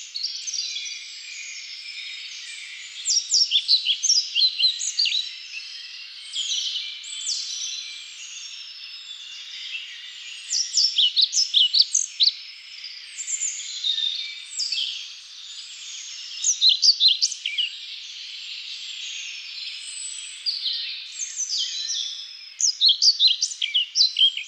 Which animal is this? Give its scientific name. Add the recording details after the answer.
Ficedula hypoleuca. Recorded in the wild. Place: Waltershofen / Freiburg im Breisgau, Baden-Württemberg, DE. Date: 1999-05-24. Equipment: MiniDisc Sony MZ-R35, Telinga DAT, Telinga-Parabolspiegel. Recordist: Schwarz, Dieter